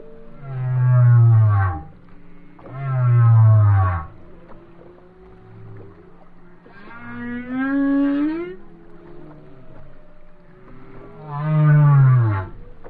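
Whale song: a series of deep, groaning moans, several falling in pitch and one rising cry in the middle, separated by short quiet gaps.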